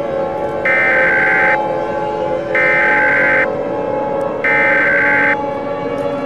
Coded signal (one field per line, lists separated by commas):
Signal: Emergency Alert System (SAME) tones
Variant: header bursts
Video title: EAS Mini Scenario #3: Earth's Core Rapid Cooldown